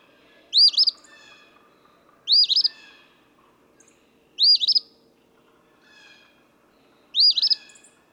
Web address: songs Eastern Phoebe